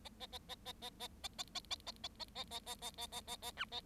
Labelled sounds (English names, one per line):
Bengalese Finch song